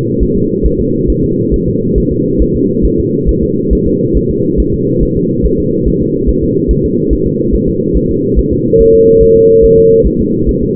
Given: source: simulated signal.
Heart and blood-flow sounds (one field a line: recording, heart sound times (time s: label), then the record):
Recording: fetal heart sounds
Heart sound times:
0.23 s: S1
0.37 s: S2
0.66 s: S1
0.80 s: S2
1.10 s: S1
1.24 s: S2
1.54 s: S1
1.68 s: S2
1.98 s: S1
2.12 s: S2
2.42 s: S1
2.56 s: S2
2.85 s: S1
2.99 s: S2
3.29 s: S1
3.43 s: S2
3.73 s: S1
3.87 s: S2
4.17 s: S1
4.31 s: S2
4.60 s: S1
4.74 s: S2
5.03 s: S1
5.17 s: S2
5.46 s: S1
5.60 s: S2
5.88 s: S1
6.02 s: S2
6.29 s: S1
6.44 s: S2
6.71 s: S1
6.85 s: S2
7.13 s: S1
7.27 s: S2
7.55 s: S1
7.69 s: S2
7.97 s: S1
8.11 s: S2
8.39 s: S1
8.53 s: S2
8.81 s: S1
8.95 s: S2
9.23 s: S1
9.37 s: S2
9.65 s: S1
9.79 s: S2
10.07 s: S1
10.21 s: S2
10.49 s: S1
10.63 s: S2
From the record:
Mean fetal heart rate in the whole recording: 140 bpm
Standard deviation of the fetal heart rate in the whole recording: 2 bpm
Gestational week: 34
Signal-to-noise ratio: -11.2 dB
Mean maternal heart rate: 72 bpm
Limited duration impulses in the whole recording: present